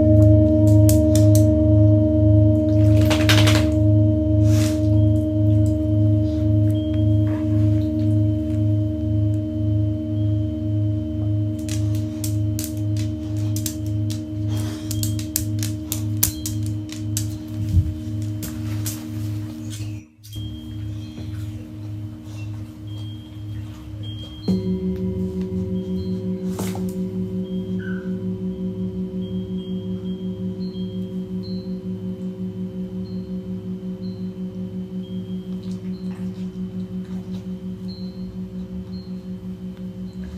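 Tibetan singing bowls ring with long, steady tones that pulse with a slow, regular wobble. Around twenty-five seconds a new, higher bowl is struck and sustains, slowly fading to the end. Small clicks and taps appear now and then beneath the ringing.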